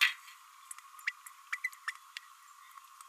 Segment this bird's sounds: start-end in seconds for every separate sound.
1.06-1.12, 1.52-1.58, 1.64-1.69